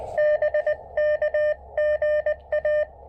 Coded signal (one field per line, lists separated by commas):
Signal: Morse code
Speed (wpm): 20 wpm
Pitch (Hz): 600 Hz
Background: none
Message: BK GA